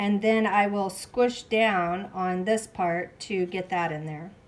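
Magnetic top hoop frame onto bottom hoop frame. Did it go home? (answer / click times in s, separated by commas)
no / none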